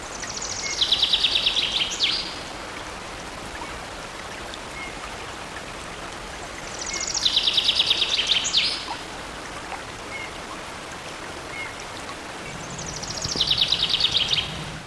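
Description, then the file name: Common chaffinch song: a bright, descending trill ending in a quick flourish, repeated about every six seconds over steady rushing background noise. "Fcoelebs"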